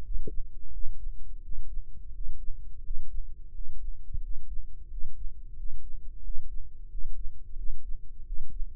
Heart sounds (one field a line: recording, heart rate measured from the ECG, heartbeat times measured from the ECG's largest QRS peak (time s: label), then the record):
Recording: heart sounds by microphone in the left ear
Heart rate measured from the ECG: 88 bpm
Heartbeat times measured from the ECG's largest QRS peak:
0.01 s: heartbeat
0.70 s: heartbeat
1.40 s: heartbeat
2.11 s: heartbeat
2.81 s: heartbeat
3.51 s: heartbeat
4.20 s: heartbeat
4.87 s: heartbeat
5.54 s: heartbeat
6.21 s: heartbeat
6.88 s: heartbeat
7.55 s: heartbeat
8.23 s: heartbeat
From the record:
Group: healthy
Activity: breath hold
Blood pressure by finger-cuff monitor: 100/65 mmHg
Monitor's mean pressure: 74 mmHg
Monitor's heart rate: 87 bpm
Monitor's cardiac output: 7.2 L/min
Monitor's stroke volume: 82 mL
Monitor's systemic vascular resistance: 750 dyn s/cm5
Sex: male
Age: 19 years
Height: 178 cm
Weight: 83 kg